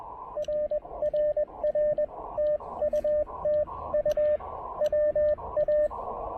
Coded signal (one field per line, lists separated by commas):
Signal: Morse code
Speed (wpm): 20 wpm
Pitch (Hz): 590 Hz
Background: radio noise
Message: RRR TU TU WA